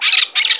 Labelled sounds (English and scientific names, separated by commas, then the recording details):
Brown-throated Parakeet (Eupsittula pertinax) contact call
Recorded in Margarita
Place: San Francisco, near stadium
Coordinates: 11.018, -64.294